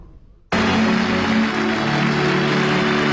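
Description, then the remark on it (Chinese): After a brief moment of near silence, loud, dense, warm applause from a large crowd in a conference hall bursts in as Xi Jinping and African leaders enter the venue for the opening ceremony of the Sixth China-Africa Entrepreneurs Conference, continuing steadily with a faint low steady hum beneath the clapping. “上午十时许，在热烈的掌声中，习近平同出席开幕式的非方领导人共同步入会场。”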